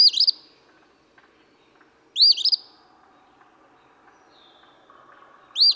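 Eastern phoebe sings three scratchy two-part phrases a few seconds apart, with soft chatter of other birds between.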